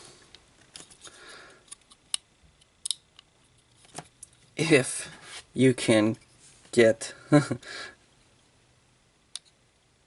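A small plastic hydraulic adjuster part is pushed into the sublight engine housing of a scale Star Wars X-Wing model, lining its pins up with the mounting holes. Someone talks over faint handling ticks and taps, then a single sharp click at 9.4 s marks the pins popping into the holes and the part seating.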